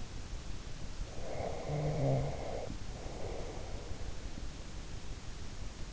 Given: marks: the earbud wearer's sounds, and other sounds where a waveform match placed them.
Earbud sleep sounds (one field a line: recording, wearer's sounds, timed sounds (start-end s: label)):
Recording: sounds in sleep by an in-ear microphone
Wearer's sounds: snoring breath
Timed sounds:
1.05-4.05 s: snoring breath